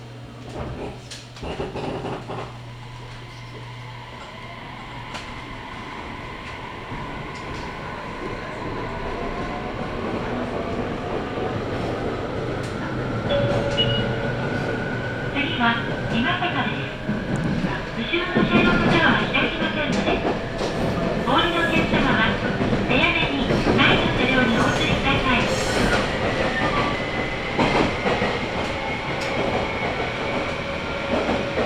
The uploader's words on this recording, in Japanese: 音の旅 佐世保線 有田→北方。普通列車鳥栖行きに乗車します。８１７系の２両編成で、日中駅員がいる駅は全てのドアが開きます。